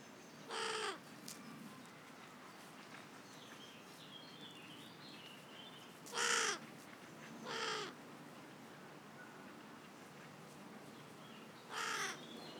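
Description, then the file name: Carrion crow cawing: four harsh, hoarse caws at uneven gaps, two close together midway. "Corvus corone"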